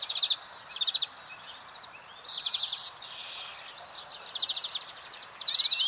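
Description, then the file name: European greenfinch calls: short chirping trills, a drawn-out wheezy buzz, further twittering bursts, and a buzzy sweep at the end. "Chloris chloris"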